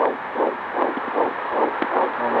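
Fetal heartbeat heard through a Doppler monitor: rapid, regular whooshing pulses at about 140 beats per minute.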